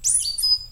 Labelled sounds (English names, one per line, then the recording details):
Stitchbird song
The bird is a male
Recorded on Tiritiri Matangi Island, New Zealand, in 2005
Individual 11, of nest box 13